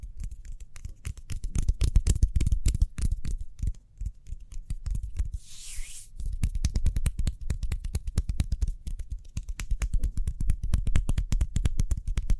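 Speedy hand sounds: rapid, closely packed taps and rubs with a heavy low thump to each stroke, running almost without pause. Around six seconds the tapping briefly stops for a bright hissing swish, then the quick rhythm resumes and continues to the end.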